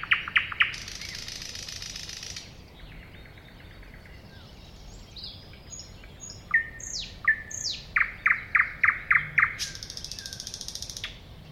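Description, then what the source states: Thrush nightingale song phrases: sharp repeated notes, a long dry rattle, slurred whistles, then a loud series of hard chopping notes and a closing buzzy rattle. Recorded at a woodland edge next to a lake.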